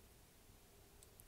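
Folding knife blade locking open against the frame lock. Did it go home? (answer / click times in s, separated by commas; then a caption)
yes / 1.0 s, 1.2 s. A metal Sebenza folding knife with a detent ball is flicked open, and its blade locks up against the frame lock. Two sharp clicks sound over a quiet background: one at 1.0 s as the ball rolls off the detent, then one at 1.2 s as the blade locks open.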